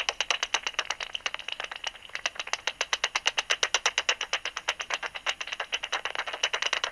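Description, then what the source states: Bat clicks in a fast, even, rattling series, many each second, continuing unbroken for the whole stretch. Recorded 27 August 2002.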